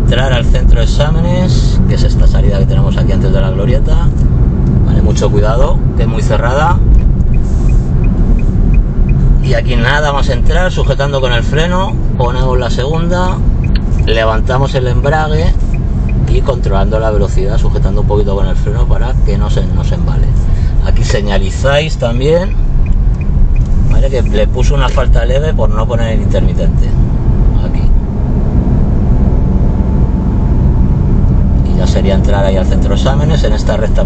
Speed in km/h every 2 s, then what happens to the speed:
49, 47, 45, 41, 38, 34, 28, 22, 20, 18, 16, 17, 26, 30, 32, 32, 35.
0-20 slows to 16. 22-26 speeds up to 30. 26-34 steady at about 32.